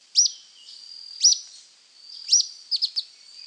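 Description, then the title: Grey elaenia giving loud, high, sharply slurred notes about once a second, ending in three quick notes, with a constant thin high hum behind. Nominate subspecies caniceps. "LuckyPassaro Completos2Sama. Grey Elaenia (Myiopagis caniceps caniceps)"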